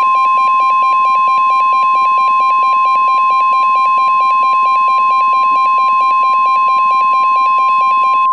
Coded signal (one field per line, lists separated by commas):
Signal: Emergency Alert System (SAME) tones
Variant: 1050 Hz attention tone